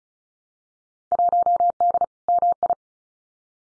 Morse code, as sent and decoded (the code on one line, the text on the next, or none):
.---- -.. / -- ..
1D MI